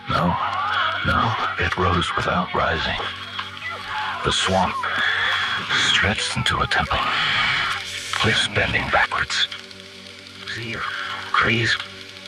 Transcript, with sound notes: no, it rose without rising. The swamp… stretched into a temple. (voice cracks) Cliffs bending backwards, trees…